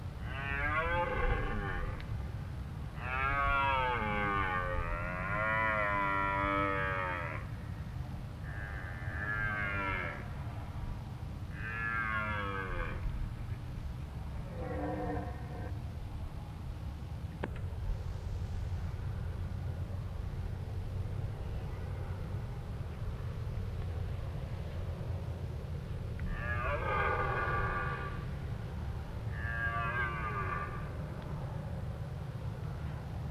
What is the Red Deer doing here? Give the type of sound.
roaring